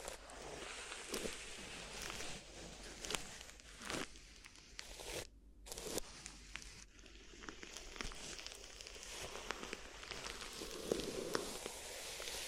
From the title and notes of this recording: ASMR Addictive Crinkly Ear Massage (No Talking).